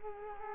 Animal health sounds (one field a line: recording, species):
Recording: mosquito wingbeat signal from an infrared sensor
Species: Culex quinquefasciatus